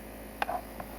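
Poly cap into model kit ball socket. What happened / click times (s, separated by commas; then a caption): The poly cap popped into the ball socket / 0.4 s. A plastic poly cap is pushed straight into a ball-socket joint on a plastic part of an HG Heavyarms 1/144 model kit. It pops in with a sharp tick at 0.4 s, followed by a softer rustle around 0.5 s and a faint tick at 0.8 s over a low steady hum. The poly cap is seated with a good fit.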